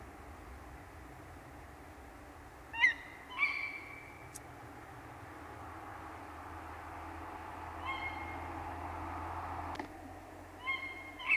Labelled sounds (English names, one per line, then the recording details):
Tawny Owl
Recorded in the wild
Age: adult
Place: Auweiher Wört, Baden-Württemberg, DE
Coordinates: 49.0414, 10.2531
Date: 1971-05-05
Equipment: Uher Report 4200, Scotch-Classic 19cm, AKG D190C in Doppelparabolreflektoren
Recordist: Krey, Winfried